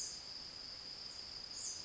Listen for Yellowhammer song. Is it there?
no